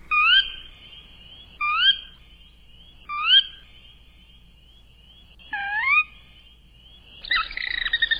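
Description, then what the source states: Sora calls, clear rising whistled notes repeated several times, then a harsher burst at the end. Mystery bird contest sound, identified at the end of the show as the Sora.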